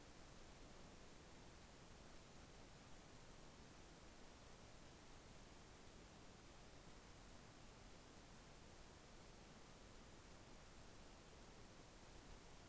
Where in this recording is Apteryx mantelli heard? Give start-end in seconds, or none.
none